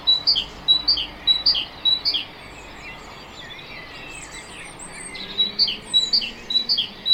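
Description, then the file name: Great tit song: a run of two-note phrases, a pause of about three seconds, then another run, over low steady background noise. "Parus major"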